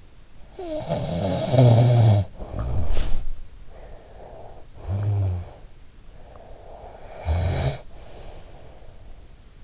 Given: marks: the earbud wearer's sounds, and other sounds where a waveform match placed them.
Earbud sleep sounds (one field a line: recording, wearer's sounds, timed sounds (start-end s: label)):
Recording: sounds in sleep by an in-ear microphone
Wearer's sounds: snoring breath, body movement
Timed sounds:
0.17-6.18 s: snoring breath
2.45-4.05 s: body movement
6.46-8.86 s: snoring breath